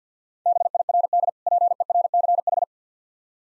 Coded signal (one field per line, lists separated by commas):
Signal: Morse code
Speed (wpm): 50 wpm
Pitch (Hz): 700 Hz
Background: none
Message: BIRD PERCH